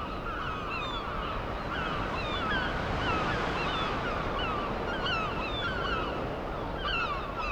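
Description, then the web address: Gull calls, short high mewing cries sliding up and down, repeated by several birds over loud, constant rushing ocean surf. Gulls over ocean waves at the seaside. "Deezer - Dormir au bord de l'océan 32-Vagues et mouettes"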